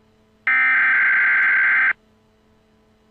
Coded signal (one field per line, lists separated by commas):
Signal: Emergency Alert System (SAME) tones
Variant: header bursts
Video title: EAS Scenario Special - The Crazy Freezever